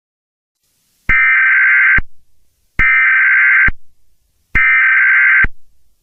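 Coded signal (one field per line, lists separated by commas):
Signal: Emergency Alert System (SAME) tones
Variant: header bursts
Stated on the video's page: Fictional EAS scenario, not a real alert.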